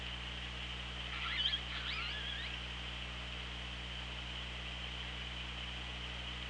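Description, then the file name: Killer whale call, a brief wavering squeal with quick pitch bends over steady hiss and low hum. Recorded on the OrcaLab hydrophone, 24 August 2017, at 16:26. "Orca Lab 20170824 162605"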